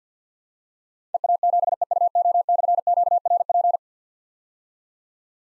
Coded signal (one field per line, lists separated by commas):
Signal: Morse code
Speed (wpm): 52 wpm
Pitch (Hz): 700 Hz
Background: none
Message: EA7EUO/QRP